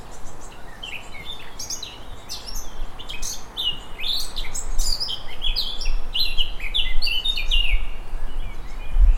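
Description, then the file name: Eurasian blackcap song: a rapid warbled run of varied chirps and whistles lasting about eight seconds, over steady low rumbling background noise. "Sylvia atricapilla"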